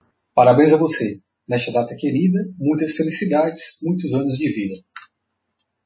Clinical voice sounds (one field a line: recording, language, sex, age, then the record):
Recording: short text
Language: Brazilian Portuguese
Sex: male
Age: 30 to 39 years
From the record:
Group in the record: control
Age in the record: 38 years